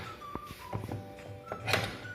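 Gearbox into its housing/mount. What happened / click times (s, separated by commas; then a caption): The gearbox is being handled and has not seated yet / none. A gearbox is pushed and handled toward its position in its housing mount, giving several dull thunks and knocks over background music. The clip ends before the gearbox goes home, so nothing has seated or clicked yet.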